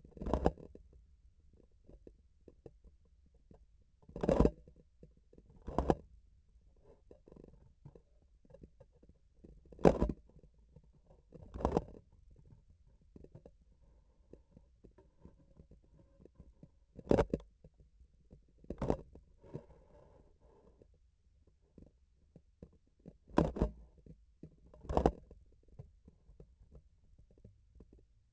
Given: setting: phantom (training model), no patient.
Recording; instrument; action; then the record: laparoscopic instrument, vibration sensor on the handle end; grasping forceps; opening and closing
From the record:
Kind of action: tool actuation without material contact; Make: other than Olympus